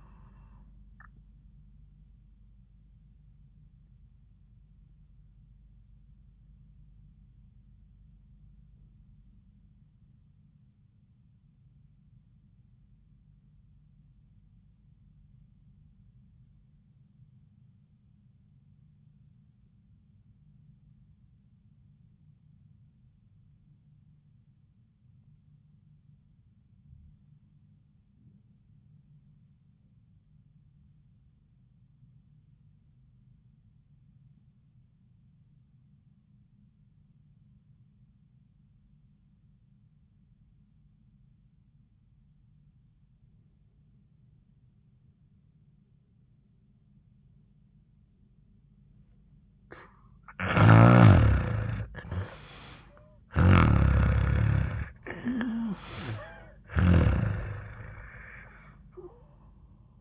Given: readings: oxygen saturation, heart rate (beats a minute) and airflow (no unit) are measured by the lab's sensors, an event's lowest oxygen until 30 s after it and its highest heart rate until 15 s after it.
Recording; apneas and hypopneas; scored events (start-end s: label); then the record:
breathing in sleep by a smartphone at the bedside; 1
9.00-49.40 s: obstructive apnea (N1, oxygen 98% highest, then 78% lowest, heart rate 75 at the start, 85 highest)
22.00-52.00 s: new sleep stage, REM sleep
52.00-60.01 s: new sleep stage, N1 (lightest sleep)
From the record:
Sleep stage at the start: N1 (lightest sleep); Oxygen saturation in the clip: 82 to 98%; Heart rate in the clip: 65 to 84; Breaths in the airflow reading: 7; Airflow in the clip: -5.6 to 3.1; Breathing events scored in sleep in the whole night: 400 in 8.7 hours asleep